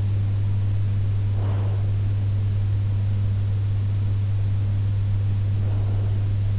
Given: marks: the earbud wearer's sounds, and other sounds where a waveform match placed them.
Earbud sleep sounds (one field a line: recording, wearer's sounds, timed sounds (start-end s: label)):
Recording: sounds in sleep by an in-ear microphone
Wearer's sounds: breath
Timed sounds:
0.60-2.60 s: breath
4.60-6.59 s: breath